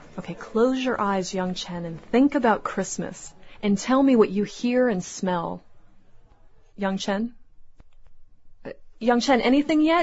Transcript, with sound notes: OK, Close your eyes, Yang Chen, and think about Christmas and tell me what you hear and smell. (Silence. Long pause) Yang Chen? Yang Chen, anything yet?